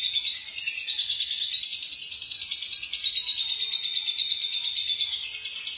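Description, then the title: Lovebird chattering song, a continuous high buzzy twitter wavering between high and very high pitch, with rapid rattling pulses throughout. "BM Suara Burung Lovebird"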